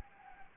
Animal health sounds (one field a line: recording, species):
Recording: mosquito wingbeat signal from an infrared sensor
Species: Anopheles gambiae